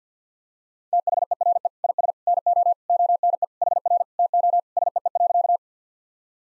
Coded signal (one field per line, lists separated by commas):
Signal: Morse code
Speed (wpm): 50 wpm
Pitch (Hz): 700 Hz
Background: none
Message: THERE IS NO ONE HR TO SEE.